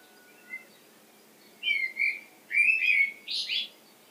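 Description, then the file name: Common blackbird: two short whistled notes, then a longer warbled note and a high squeaky flourish at the end. "Turdus merula"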